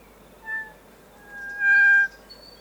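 Kokako singing long, flute-like held notes, a brief tone then a drawn-out, steady whistle that grows louder before stopping abruptly.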